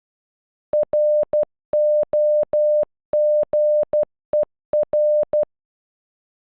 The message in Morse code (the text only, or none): ROGER